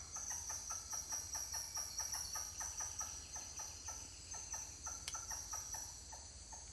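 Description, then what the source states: Titi monkey calls: a rapid series of short pulsed notes over a constant high insect drone. More than one titi monkey calling.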